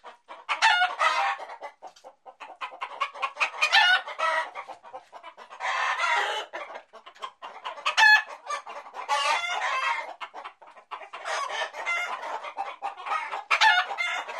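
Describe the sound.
Chickens clucking and cackling, loud squawking outbursts in irregular bursts with brief quieter gaps between them.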